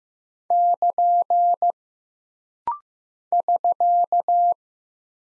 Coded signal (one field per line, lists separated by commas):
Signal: Morse code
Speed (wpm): 15 wpm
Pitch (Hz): 700 Hz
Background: none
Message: <KN> <SK>